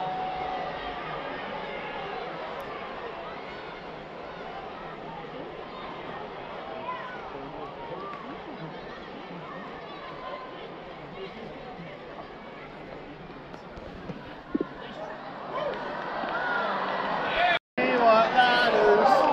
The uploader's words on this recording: Wrestling at Madison square garden. Mostly of people chanting!